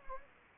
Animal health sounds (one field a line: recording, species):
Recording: mosquito wingbeat signal from an infrared sensor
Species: Anopheles gambiae